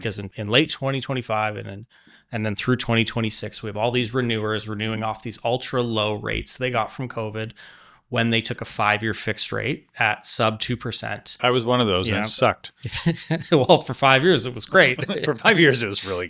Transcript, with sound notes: Because in, in late 2025 and then, and then through 2026, we have all these renewers renewing off these ultra low rates they got from COVID when they took a five-year fixed rate at sub 2%.
I was one of those.
Yeah.
And it sucked.
[laughs] Well, for five years it was great. [laughs]
For five years it was really good.